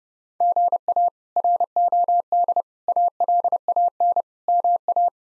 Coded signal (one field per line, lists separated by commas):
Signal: Morse code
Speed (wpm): 32 wpm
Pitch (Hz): 700 Hz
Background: none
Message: GA ROD ALAN MA